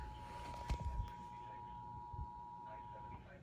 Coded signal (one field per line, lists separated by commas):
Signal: Emergency Alert System (SAME) tones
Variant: 853 and 960 Hz attention tone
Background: speech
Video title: Slightly Severe 2.0 (EAS Alerts from May 26th. EAS 154-164)